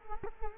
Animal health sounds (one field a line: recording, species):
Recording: mosquito wingbeat signal from an infrared sensor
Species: Culex quinquefasciatus